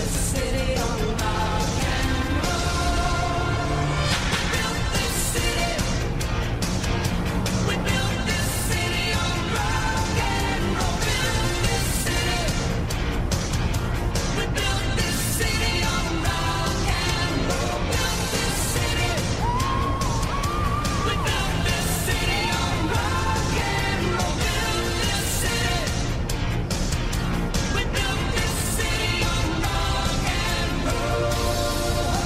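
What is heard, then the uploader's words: Inside a moving vehicle, the radio plays a dense, steady wash of music with a crackly hiss across the top. Bright bursts pulse regularly every second or two, and a gliding tone rises near the twenty-second mark over a constant low engine rumble. An 80s Summer Drive.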